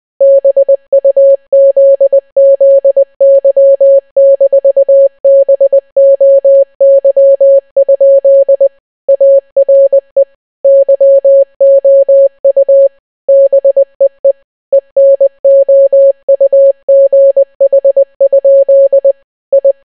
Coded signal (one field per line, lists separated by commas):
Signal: Morse code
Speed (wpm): 20 wpm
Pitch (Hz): 550 Hz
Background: none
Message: BUZZY-BOY? ARE YOU BEE ENOUGH? I